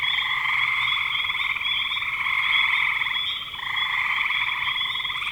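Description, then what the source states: Frogs producing a continuous, overlapping pulsed trill chorus that dips briefly and then resumes at full strength. Spring 2025.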